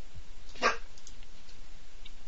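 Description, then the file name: Dog giving a single short, sharp bark, followed by quiet background. "koira"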